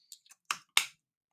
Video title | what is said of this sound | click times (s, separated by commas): PARIS CORNER MANGO JUGOSO REVIEW 🥭 🌴 - BETTER THAN COCONUT LAGOON? #fragrancereviews #perfume | Cap clicks into place. | 0.8 s